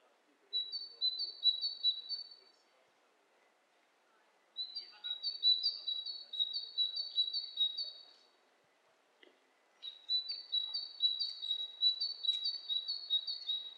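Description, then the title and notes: Bird calls: three separate runs of high, quick paired chirps separated by quiet pauses, with one short tap between them. Two birds interacting, lo-fi recording. "bird dialogs. lo-fi recording of two birds interacting"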